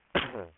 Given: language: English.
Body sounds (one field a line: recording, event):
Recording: throat vibration sensor signal played as sound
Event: cough